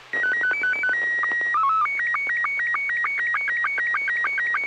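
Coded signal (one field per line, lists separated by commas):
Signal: SSTV (slow-scan television)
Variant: Robot 72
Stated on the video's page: SSTV net on a 441.300 MHz FM repeater, sent with MMSSTV software.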